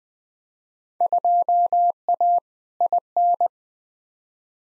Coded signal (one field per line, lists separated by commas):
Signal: Morse code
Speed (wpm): 20 wpm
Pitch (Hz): 700 Hz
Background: none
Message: 2A IN